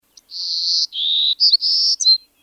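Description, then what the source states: Golden-cheeked Warbler song, a high, buzzy phrase of several drawn-out notes, dropping slightly in the middle and ending with short sharp notes. Critically endangered species, the only bird endemic to Texas, nesting nowhere else.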